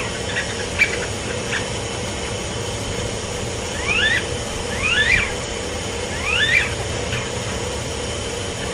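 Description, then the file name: Chiloe wigeon whistles: three clear whistled calls over a steady background hiss. "Anas sibilatrix - Pato overo"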